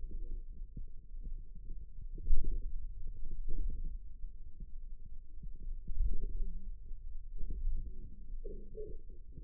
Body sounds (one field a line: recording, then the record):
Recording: forearm muscle sounds (acoustic myography)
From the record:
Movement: radial deviation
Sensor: system 2, bracelet of six BSWA MPA416 microphones around the upper forearm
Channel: 4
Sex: female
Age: 21 years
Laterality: right